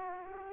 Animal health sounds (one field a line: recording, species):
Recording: mosquito wingbeat signal from an infrared sensor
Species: Aedes aegypti